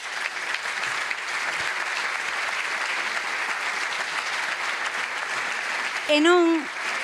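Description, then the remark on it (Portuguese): An audience applauds in a dense, steady wash of clapping that holds at an even loudness throughout, with a single voice briefly rising over it near the end. “Para todas aquelas persoas que estades facendo ese grandísimo esforzo para mostrar o apoio desta causa xusta frente ao Goliá, nesta loita de David contra Goliá, tamén vos pido un forte aplauso.”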